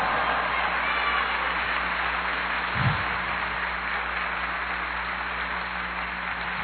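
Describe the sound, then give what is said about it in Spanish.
An audience applauds and cheers in a steady, dense wash of clapping and crowd noise that holds evenly throughout, with one brief low thump partway through. “Dale un aplauso, dale un grito de júbilo.”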